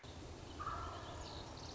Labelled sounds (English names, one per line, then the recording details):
Wild Turkey
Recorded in Sonoma County, California